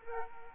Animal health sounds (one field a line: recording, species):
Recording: mosquito wingbeat signal from an infrared sensor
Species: Aedes aegypti